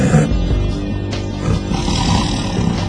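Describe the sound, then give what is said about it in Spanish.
A tiger at a circus roars and grunts in a deep, rumbling growl that stays loud and steady for three seconds, with a few throaty pulses rising through it. “Unos pinches tigres con una hueva.”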